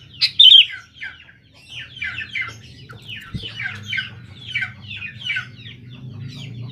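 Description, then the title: Sooty-headed bulbul song, one loud sharp note opening a string of quick bubbling chatter, with a faint low hum beneath. "Kutilang"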